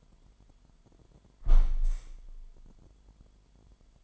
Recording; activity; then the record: daily activity, microphone in the room; close window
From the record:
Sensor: 5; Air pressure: 998.7 hPa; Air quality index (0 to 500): 104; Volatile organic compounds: 2 ppm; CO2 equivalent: 1207 ppm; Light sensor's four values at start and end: 43/107/44/50 and 43/107/44/50